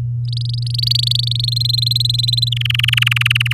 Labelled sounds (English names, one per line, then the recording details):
Domestic Canary song
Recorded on 7 May 2018 at 05:55
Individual llb16